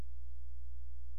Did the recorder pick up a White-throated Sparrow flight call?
no